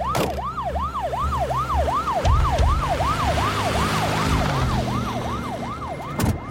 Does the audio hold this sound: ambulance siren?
yes